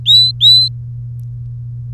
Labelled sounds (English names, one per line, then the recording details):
Domestic Canary song
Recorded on 3 May 2018 at 13:48
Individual llb3